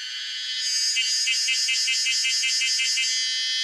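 Cicada buzz, a shrill continuous whine with rapid regular pulses throbbing through the middle, about four per second, before settling back into a smooth drone.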